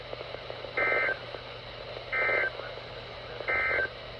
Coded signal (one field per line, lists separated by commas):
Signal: Emergency Alert System (SAME) tones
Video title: RWT’s (EAS 385-386) + the acurite finally activating